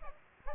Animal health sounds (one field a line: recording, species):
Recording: mosquito wingbeat signal from an infrared sensor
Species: Aedes aegypti